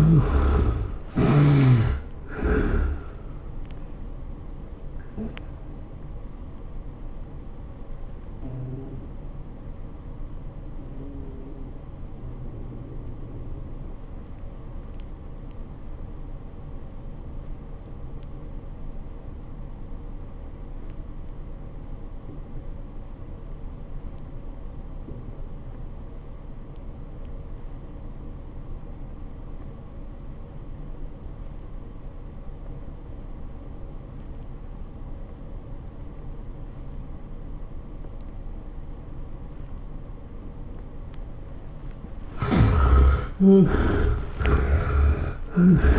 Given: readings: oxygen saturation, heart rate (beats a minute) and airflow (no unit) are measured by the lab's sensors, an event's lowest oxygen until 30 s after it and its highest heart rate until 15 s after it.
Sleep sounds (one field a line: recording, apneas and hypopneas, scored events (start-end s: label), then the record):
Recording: breathing in sleep by a smartphone at the bedside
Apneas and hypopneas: 1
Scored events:
3.00-40.60 s: hypopnea (N1, oxygen 89% highest, then 61% lowest, heart rate 110 at the start, 113 highest)
11.00-45.99 s: new sleep stage, REM sleep
From the record:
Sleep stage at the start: N1 (lightest sleep)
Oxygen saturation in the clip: 63 to 89%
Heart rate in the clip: 67 to 112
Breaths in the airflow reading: 4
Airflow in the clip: -20.3 to 12.8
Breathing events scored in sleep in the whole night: 403 in 5.5 hours asleep